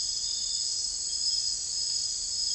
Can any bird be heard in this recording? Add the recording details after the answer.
no. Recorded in secondary vegetation near Puerto Asís, Putumayo, Colombia, on 21 December 2024 at 02:00. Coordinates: 0.484, -76.319. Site GP06